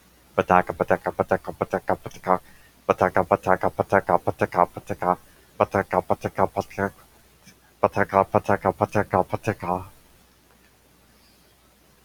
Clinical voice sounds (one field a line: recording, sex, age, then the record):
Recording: repeated syllables /pa ta ka/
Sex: male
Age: 20 to 29 years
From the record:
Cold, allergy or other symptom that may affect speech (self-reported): no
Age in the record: 28 years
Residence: Florida, United States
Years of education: 15